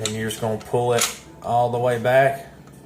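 A steel slide is lined up with the marks on the polymer frame of a Smith & Wesson SD40 VE pistol and is about to be pulled all the way back. Someone talks throughout, and no distinct mechanical sounds stand out. Nothing has seated or clicked yet.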